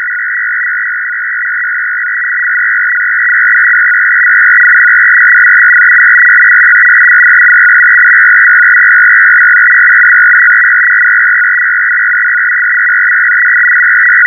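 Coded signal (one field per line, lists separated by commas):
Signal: numbers station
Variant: F01 FSK, 500 Hz shift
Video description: Russian digital numbers station F01 FSK 500Hz signal operated on USB +1700Hz. This signal originated from Habana, Cuba and is the digital counterpart to the Russian 6 operator family ran by the GRU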